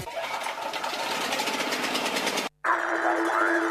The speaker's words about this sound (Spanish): ¿De cuánto es este grupo? ¿Podemos poner un aire acondicionado con este grupo? Grupo Electrógeno. Ruido y luz versus silencio y oscuridad.